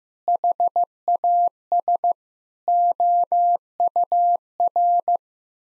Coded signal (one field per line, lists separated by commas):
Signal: Morse code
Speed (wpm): 16 wpm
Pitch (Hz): 700 Hz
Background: none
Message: HAS OUR